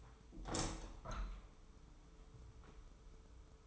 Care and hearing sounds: daily activity, microphone in the room; open window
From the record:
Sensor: 1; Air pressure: 995.7 hPa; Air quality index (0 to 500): 56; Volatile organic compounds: 2 ppm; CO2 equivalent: 1072 ppm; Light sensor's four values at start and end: 30/104/40/41 and 31/105/40/42

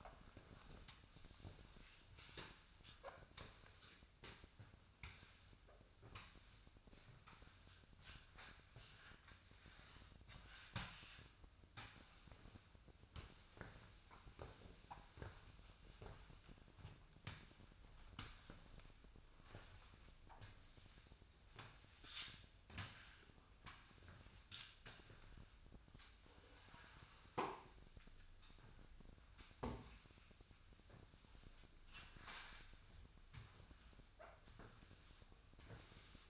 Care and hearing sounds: daily activity, microphone in the room; sweep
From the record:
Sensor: 2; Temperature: 24.0 degrees Celsius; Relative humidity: 35.5%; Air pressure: 1004.6 hPa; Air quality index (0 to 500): 91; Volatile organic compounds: 2 ppm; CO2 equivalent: 1097 ppm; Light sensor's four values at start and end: 6/14/6/6 and 6/15/6/6

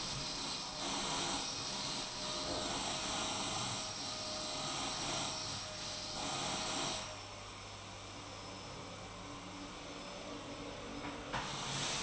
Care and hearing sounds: daily activity, microphone in the room; vacuum cleaning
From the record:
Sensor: 1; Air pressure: 991.0 hPa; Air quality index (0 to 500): 118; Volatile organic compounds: 173 ppm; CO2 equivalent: 4118 ppm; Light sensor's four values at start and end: 19/45/19/21 and 19/45/19/21

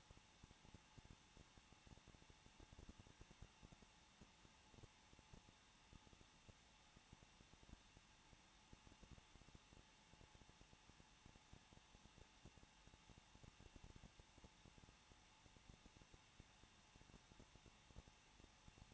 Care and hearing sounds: daily activity, microphone in the room; no activity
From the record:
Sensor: 1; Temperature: 20.1 degrees Celsius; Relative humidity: 39.2%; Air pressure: 1006.3 hPa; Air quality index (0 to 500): 218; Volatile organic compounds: 78 ppm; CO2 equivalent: 3587 ppm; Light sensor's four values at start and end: 1/2/1/1 and 1/2/1/1

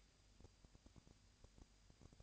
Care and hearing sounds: daily activity, microphone in the room; no activity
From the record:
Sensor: 2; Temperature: 20.3 degrees Celsius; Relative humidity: 37.0%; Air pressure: 998.6 hPa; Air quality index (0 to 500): 236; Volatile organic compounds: 38 ppm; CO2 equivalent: 3120 ppm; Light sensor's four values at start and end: 2/3/2/2 and 2/3/2/2

